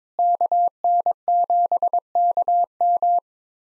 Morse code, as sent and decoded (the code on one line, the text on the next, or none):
-.- -. --... -.- --
KN7KM